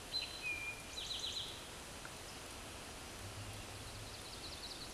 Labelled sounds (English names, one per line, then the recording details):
Eastern Towhee song
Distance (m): 30 m
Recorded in a Pennsylvania forest on 17 May 2023 at 13:13
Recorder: AudioMoth, point grid1_31_low
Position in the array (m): 117 m, 85 m